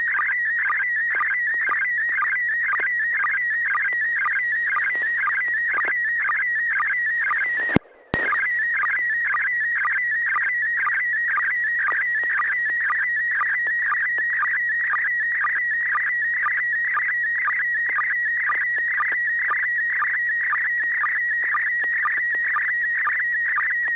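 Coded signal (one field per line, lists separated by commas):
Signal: SSTV (slow-scan television)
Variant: PD120 mode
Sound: warbling tone near 2 kHz with rapid regular low chirps, brief click midway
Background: low hum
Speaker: this is going to be pd 120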